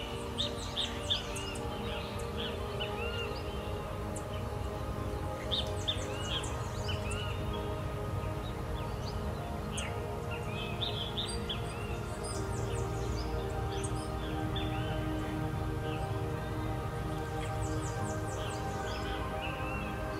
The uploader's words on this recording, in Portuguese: Breve meditação maior parte música para meditar com som de pássaros.